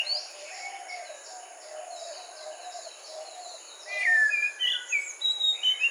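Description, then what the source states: Magpie-robin song: quiet at first, then a loud spell of varied whistled phrases in the last two seconds. Sung in a morning chorus.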